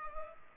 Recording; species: mosquito wingbeat signal from an infrared sensor; Culex pipiens